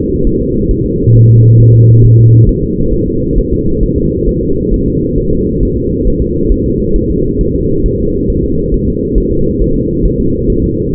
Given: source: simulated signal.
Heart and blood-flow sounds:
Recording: fetal heart sounds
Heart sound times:
0.27 s: S1
0.41 s: S2
0.71 s: S1
0.86 s: S2
1.16 s: S1
1.30 s: S2
1.60 s: S1
1.75 s: S2
2.05 s: S1
2.19 s: S2
2.49 s: S1
2.63 s: S2
2.94 s: S1
3.08 s: S2
3.38 s: S1
3.53 s: S2
3.83 s: S1
3.98 s: S2
4.29 s: S1
4.43 s: S2
4.74 s: S1
4.88 s: S2
5.18 s: S1
5.33 s: S2
5.63 s: S1
5.77 s: S2
6.07 s: S1
6.22 s: S2
6.52 s: S1
6.66 s: S2
6.96 s: S1
7.11 s: S2
7.41 s: S1
7.55 s: S2
7.86 s: S1
8.00 s: S2
8.30 s: S1
8.44 s: S2
8.74 s: S1
8.89 s: S2
9.18 s: S1
9.32 s: S2
9.61 s: S1
9.76 s: S2
10.05 s: S1
10.20 s: S2
10.50 s: S1
10.64 s: S2
10.94 s: S1
From the record:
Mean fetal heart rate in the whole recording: 135 bpm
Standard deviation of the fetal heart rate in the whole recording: 3 bpm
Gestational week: 36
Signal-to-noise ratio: -15.3 dB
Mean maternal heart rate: 72 bpm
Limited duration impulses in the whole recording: present

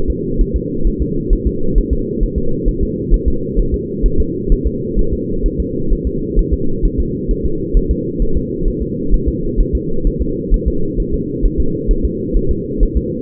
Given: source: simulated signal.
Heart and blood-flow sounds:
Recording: fetal heart sounds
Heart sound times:
0.10 s: S2
0.41 s: S1
0.56 s: S2
0.87 s: S1
1.02 s: S2
1.33 s: S1
1.47 s: S2
1.78 s: S1
1.93 s: S2
2.23 s: S1
2.38 s: S2
2.68 s: S1
2.83 s: S2
3.14 s: S1
3.28 s: S2
3.59 s: S1
3.74 s: S2
4.06 s: S1
4.20 s: S2
4.52 s: S1
4.67 s: S2
4.99 s: S1
5.13 s: S2
5.46 s: S1
5.60 s: S2
5.92 s: S1
6.07 s: S2
6.39 s: S1
6.53 s: S2
6.85 s: S1
7.00 s: S2
7.31 s: S1
7.46 s: S2
7.77 s: S1
7.91 s: S2
8.22 s: S1
8.37 s: S2
8.68 s: S1
8.82 s: S2
9.14 s: S1
9.28 s: S2
9.60 s: S1
9.75 s: S2
10.07 s: S1
10.21 s: S2
10.54 s: S1
10.68 s: S2
11.00 s: S1
11.14 s: S2
11.45 s: S1
11.60 s: S2
11.91 s: S1
12.05 s: S2
12.37 s: S1
12.51 s: S2
12.83 s: S1
12.97 s: S2
From the record:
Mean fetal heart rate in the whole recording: 130 bpm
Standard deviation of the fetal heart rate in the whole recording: 4 bpm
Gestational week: 38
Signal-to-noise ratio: -8.1 dB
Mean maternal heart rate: 72 bpm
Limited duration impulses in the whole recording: present

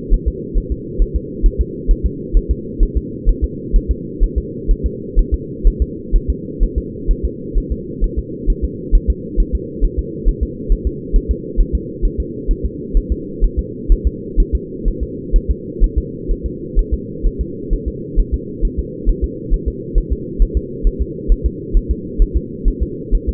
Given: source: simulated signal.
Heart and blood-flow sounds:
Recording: fetal heart sounds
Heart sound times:
0.13 s: S1
0.28 s: S2
0.58 s: S1
0.72 s: S2
1.02 s: S1
1.16 s: S2
1.46 s: S1
1.61 s: S2
1.91 s: S1
2.06 s: S2
2.37 s: S1
2.51 s: S2
2.83 s: S1
2.97 s: S2
3.29 s: S1
3.44 s: S2
3.76 s: S1
3.91 s: S2
4.23 s: S1
4.38 s: S2
4.71 s: S1
4.86 s: S2
5.19 s: S1
5.34 s: S2
5.67 s: S1
5.82 s: S2
6.16 s: S1
6.30 s: S2
6.63 s: S1
6.78 s: S2
7.11 s: S1
7.25 s: S2
7.58 s: S1
7.72 s: S2
8.04 s: S1
8.19 s: S2
8.50 s: S1
8.65 s: S2
8.95 s: S1
9.10 s: S2
9.40 s: S1
9.55 s: S2
9.84 s: S1
9.99 s: S2
10.28 s: S1
10.43 s: S2
10.72 s: S1
10.87 s: S2
11.16 s: S1
11.31 s: S2
11.60 s: S1
11.75 s: S2
12.05 s: S1
12.20 s: S2
12.51 s: S1
12.65 s: S2
12.97 s: S1
13.12 s: S2
13.44 s: S1
13.59 s: S2
13.92 s: S1
14.07 s: S2
14.40 s: S1
14.55 s: S2
14.88 s: S1
15.03 s: S2
15.36 s: S1
15.51 s: S2
15.84 s: S1
15.98 s: S2
16.31 s: S1
16.46 s: S2
16.79 s: S1
16.94 s: S2
17.26 s: S1
17.41 s: S2
17.73 s: S1
17.88 s: S2
18.20 s: S1
18.34 s: S2
18.65 s: S1
18.79 s: S2
19.09 s: S1
19.24 s: S2
19.54 s: S1
19.68 s: S2
19.98 s: S1
20.12 s: S2
20.42 s: S1
20.57 s: S2
20.87 s: S1
21.02 s: S2
21.32 s: S1
21.46 s: S2
21.77 s: S1
21.91 s: S2
22.22 s: S1
22.37 s: S2
22.68 s: S1
22.83 s: S2
23.15 s: S1
23.29 s: S2
From the record:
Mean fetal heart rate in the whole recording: 130 bpm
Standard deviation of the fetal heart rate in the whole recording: 2 bpm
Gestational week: 38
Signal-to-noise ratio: -4.1 dB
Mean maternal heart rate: no maternal heart sound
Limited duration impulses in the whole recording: absent

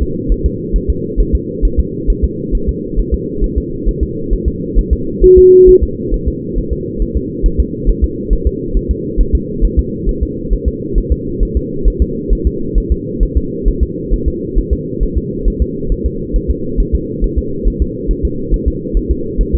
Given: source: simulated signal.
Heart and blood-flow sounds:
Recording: fetal heart sounds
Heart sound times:
0.03 s: S2
0.32 s: S1
0.46 s: S2
0.76 s: S1
0.90 s: S2
1.20 s: S1
1.35 s: S2
1.65 s: S1
1.80 s: S2
2.10 s: S1
2.24 s: S2
2.55 s: S1
2.69 s: S2
2.99 s: S1
3.14 s: S2
3.44 s: S1
3.58 s: S2
3.89 s: S1
4.03 s: S2
4.33 s: S1
4.48 s: S2
4.79 s: S1
4.93 s: S2
5.24 s: S1
5.38 s: S2
5.69 s: S1
5.84 s: S2
6.14 s: S1
6.28 s: S2
6.58 s: S1
6.73 s: S2
7.02 s: S1
7.17 s: S2
7.46 s: S1
7.60 s: S2
7.90 s: S1
8.04 s: S2
8.33 s: S1
8.47 s: S2
8.77 s: S1
8.91 s: S2
9.20 s: S1
9.35 s: S2
9.65 s: S1
9.79 s: S2
10.09 s: S1
10.23 s: S2
10.53 s: S1
10.68 s: S2
10.98 s: S1
11.12 s: S2
11.43 s: S1
11.57 s: S2
11.88 s: S1
12.02 s: S2
12.33 s: S1
12.47 s: S2
12.78 s: S1
12.92 s: S2
13.23 s: S1
13.37 s: S2
13.68 s: S1
13.83 s: S2
14.14 s: S1
14.28 s: S2
14.59 s: S1
14.73 s: S2
15.03 s: S1
15.18 s: S2
15.48 s: S1
15.62 s: S2
15.92 s: S1
16.06 s: S2
16.36 s: S1
16.51 s: S2
16.80 s: S1
16.95 s: S2
17.24 s: S1
17.39 s: S2
17.68 s: S1
17.82 s: S2
18.11 s: S1
18.25 s: S2
18.54 s: S1
18.68 s: S2
18.97 s: S1
19.11 s: S2
19.41 s: S1
19.55 s: S2
From the record:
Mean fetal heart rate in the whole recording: 135 bpm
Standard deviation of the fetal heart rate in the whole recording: 3 bpm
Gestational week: 36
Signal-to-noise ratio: -6.6 dB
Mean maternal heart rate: 72 bpm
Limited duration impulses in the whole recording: present

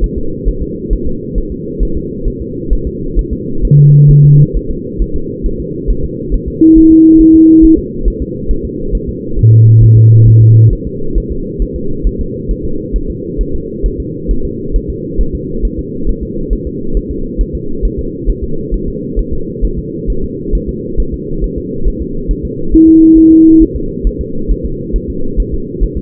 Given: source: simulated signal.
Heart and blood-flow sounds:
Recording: fetal heart sounds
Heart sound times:
0.04 s: S1
0.18 s: S2
0.49 s: S1
0.62 s: S2
0.93 s: S1
1.07 s: S2
1.38 s: S1
1.52 s: S2
1.83 s: S1
1.97 s: S2
2.28 s: S1
2.42 s: S2
2.73 s: S1
2.87 s: S2
3.19 s: S1
3.33 s: S2
3.65 s: S1
3.79 s: S2
4.11 s: S1
4.25 s: S2
4.56 s: S1
4.71 s: S2
5.02 s: S1
5.16 s: S2
5.46 s: S1
5.60 s: S2
5.90 s: S1
6.04 s: S2
6.34 s: S1
6.48 s: S2
6.78 s: S1
6.92 s: S2
7.21 s: S1
7.35 s: S2
7.65 s: S1
7.79 s: S2
8.08 s: S1
8.22 s: S2
8.51 s: S1
8.65 s: S2
8.95 s: S1
9.09 s: S2
9.39 s: S1
9.53 s: S2
9.83 s: S1
9.97 s: S2
10.28 s: S1
10.42 s: S2
10.73 s: S1
10.87 s: S2
11.18 s: S1
11.32 s: S2
11.62 s: S1
11.76 s: S2
12.07 s: S1
12.21 s: S2
12.51 s: S1
12.65 s: S2
12.96 s: S1
13.10 s: S2
13.41 s: S1
13.55 s: S2
13.86 s: S1
14.00 s: S2
14.31 s: S1
14.45 s: S2
14.76 s: S1
14.90 s: S2
15.21 s: S1
15.35 s: S2
15.65 s: S1
15.79 s: S2
16.09 s: S1
16.23 s: S2
16.53 s: S1
16.67 s: S2
16.97 s: S1
17.11 s: S2
17.41 s: S1
17.55 s: S2
17.85 s: S1
17.99 s: S2
18.30 s: S1
18.44 s: S2
18.74 s: S1
18.88 s: S2
19.19 s: S1
19.33 s: S2
19.65 s: S1
19.78 s: S2
20.10 s: S1
20.24 s: S2
20.55 s: S1
20.69 s: S2
21.00 s: S1
21.14 s: S2
21.44 s: S1
21.58 s: S2
21.88 s: S1
22.02 s: S2
22.31 s: S1
22.45 s: S2
22.74 s: S1
22.88 s: S2
23.18 s: S1
23.32 s: S2
23.62 s: S1
23.76 s: S2
24.07 s: S1
24.21 s: S2
24.51 s: S1
24.66 s: S2
24.96 s: S1
25.10 s: S2
25.40 s: S1
25.54 s: S2
25.83 s: S1
25.97 s: S2
From the record:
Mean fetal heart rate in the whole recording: 135 bpm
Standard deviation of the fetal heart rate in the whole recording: 3 bpm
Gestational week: 36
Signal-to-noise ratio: -8.1 dB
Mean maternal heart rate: 72 bpm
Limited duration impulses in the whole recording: present

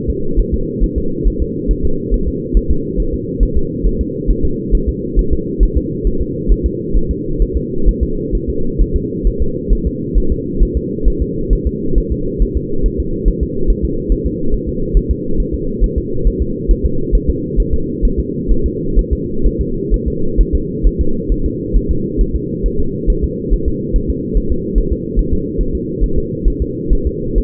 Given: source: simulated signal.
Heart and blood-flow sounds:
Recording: fetal heart sounds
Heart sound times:
0.10 s: S2
0.40 s: S1
0.54 s: S2
0.84 s: S1
0.98 s: S2
1.27 s: S1
1.42 s: S2
1.71 s: S1
1.85 s: S2
2.14 s: S1
2.28 s: S2
2.57 s: S1
2.71 s: S2
3.00 s: S1
3.14 s: S2
3.43 s: S1
3.57 s: S2
3.87 s: S1
4.01 s: S2
4.31 s: S1
4.45 s: S2
4.75 s: S1
4.89 s: S2
5.19 s: S1
5.33 s: S2
5.63 s: S1
5.77 s: S2
6.07 s: S1
6.22 s: S2
6.52 s: S1
6.66 s: S2
6.97 s: S1
7.11 s: S2
7.42 s: S1
7.57 s: S2
7.89 s: S1
8.03 s: S2
8.35 s: S1
8.50 s: S2
8.81 s: S1
8.96 s: S2
9.27 s: S1
9.42 s: S2
9.73 s: S1
9.87 s: S2
10.18 s: S1
10.32 s: S2
10.62 s: S1
10.77 s: S2
11.08 s: S1
11.22 s: S2
11.53 s: S1
11.67 s: S2
11.98 s: S1
12.12 s: S2
12.42 s: S1
12.57 s: S2
12.86 s: S1
13.00 s: S2
13.28 s: S1
13.43 s: S2
13.70 s: S1
13.85 s: S2
14.12 s: S1
14.27 s: S2
14.54 s: S1
14.69 s: S2
14.97 s: S1
15.11 s: S2
15.40 s: S1
15.55 s: S2
15.84 s: S1
15.98 s: S2
16.27 s: S1
16.42 s: S2
16.71 s: S1
16.86 s: S2
17.15 s: S1
17.30 s: S2
17.60 s: S1
17.74 s: S2
18.05 s: S1
18.20 s: S2
18.52 s: S1
18.66 s: S2
18.99 s: S1
19.13 s: S2
19.46 s: S1
19.61 s: S2
19.94 s: S1
20.08 s: S2
20.41 s: S1
20.55 s: S2
20.87 s: S1
21.01 s: S2
21.32 s: S1
21.46 s: S2
21.77 s: S1
21.91 s: S2
22.21 s: S1
22.36 s: S2
22.66 s: S1
22.80 s: S2
23.10 s: S1
23.24 s: S2
23.53 s: S1
23.68 s: S2
23.96 s: S1
24.10 s: S2
24.37 s: S1
24.52 s: S2
24.78 s: S1
24.93 s: S2
25.19 s: S1
25.33 s: S2
25.61 s: S1
25.75 s: S2
26.03 s: S1
26.18 s: S2
26.48 s: S1
26.62 s: S2
26.93 s: S1
27.07 s: S2
27.38 s: S1
From the record:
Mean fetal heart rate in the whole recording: 135 bpm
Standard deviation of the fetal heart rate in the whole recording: 3 bpm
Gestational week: 36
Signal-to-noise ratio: -8.1 dB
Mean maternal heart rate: 72 bpm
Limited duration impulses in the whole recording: absent

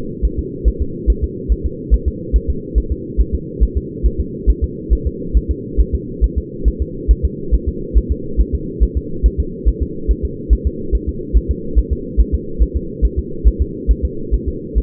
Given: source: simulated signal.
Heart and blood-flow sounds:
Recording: fetal heart sounds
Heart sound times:
0.25 s: S1
0.39 s: S2
0.68 s: S1
0.82 s: S2
1.10 s: S1
1.24 s: S2
1.52 s: S1
1.66 s: S2
1.94 s: S1
2.08 s: S2
2.36 s: S1
2.50 s: S2
2.78 s: S1
2.92 s: S2
3.21 s: S1
3.35 s: S2
3.63 s: S1
3.77 s: S2
4.06 s: S1
4.20 s: S2
4.50 s: S1
4.64 s: S2
4.93 s: S1
5.07 s: S2
5.37 s: S1
5.51 s: S2
5.80 s: S1
5.95 s: S2
6.24 s: S1
6.38 s: S2
6.68 s: S1
6.82 s: S2
7.11 s: S1
7.25 s: S2
7.54 s: S1
7.69 s: S2
7.98 s: S1
8.12 s: S2
8.41 s: S1
8.55 s: S2
8.83 s: S1
8.97 s: S2
9.26 s: S1
9.40 s: S2
9.69 s: S1
9.83 s: S2
10.11 s: S1
10.25 s: S2
10.53 s: S1
10.67 s: S2
10.95 s: S1
11.09 s: S2
11.37 s: S1
11.51 s: S2
11.78 s: S1
11.93 s: S2
12.20 s: S1
12.34 s: S2
12.62 s: S1
12.77 s: S2
13.05 s: S1
13.19 s: S2
13.47 s: S1
13.62 s: S2
13.91 s: S1
14.05 s: S2
14.34 s: S1
14.48 s: S2
14.78 s: S1
From the record:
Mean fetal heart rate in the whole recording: 140 bpm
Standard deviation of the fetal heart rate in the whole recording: 2 bpm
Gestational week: 34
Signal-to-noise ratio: -4.3 dB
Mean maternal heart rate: 72 bpm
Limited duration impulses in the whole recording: present

